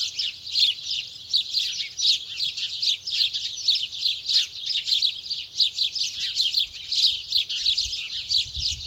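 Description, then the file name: House sparrows in a busy flock, with steady overlapping chirps running through the whole stretch and a soft low background hum. "Passer domesticus"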